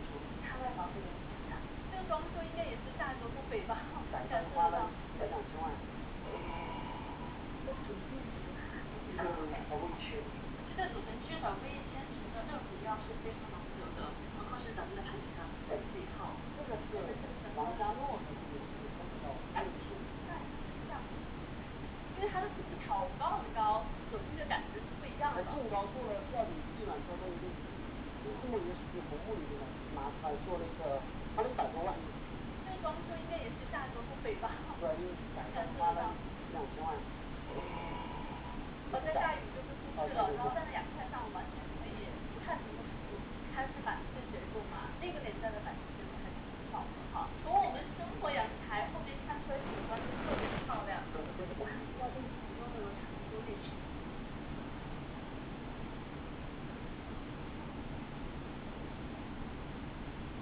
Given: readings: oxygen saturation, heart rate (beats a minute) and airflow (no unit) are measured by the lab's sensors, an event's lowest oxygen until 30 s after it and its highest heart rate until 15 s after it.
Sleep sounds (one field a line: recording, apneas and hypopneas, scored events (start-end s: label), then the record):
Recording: a person awake in a sleep study, by a voice recorder at the bedside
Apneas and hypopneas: none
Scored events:
0.00-60.42 s: awake
From the record:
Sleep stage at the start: awake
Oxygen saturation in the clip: 94 to 97%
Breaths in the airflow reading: 20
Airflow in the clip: -6.0 to 7.7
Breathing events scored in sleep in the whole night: 216 in 7.0 hours asleep